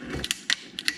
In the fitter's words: they just snap right into place